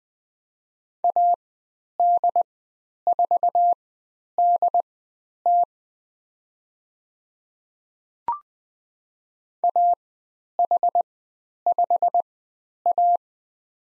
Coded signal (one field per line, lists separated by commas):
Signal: Morse code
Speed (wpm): 20 wpm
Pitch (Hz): 700 Hz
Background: none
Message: AD4DT AH5A